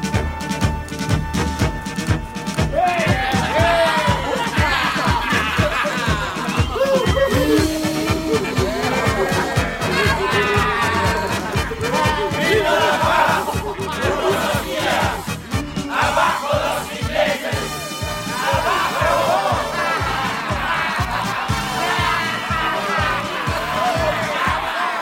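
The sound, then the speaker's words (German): A crowd shouts and yells in a loud, continuous roar, many voices overlapping in rising and falling cries, with rhythmic low thumps running underneath throughout. “Klingt nicht wie ein Willkommen. Was bedeutet dieses Geschrei?”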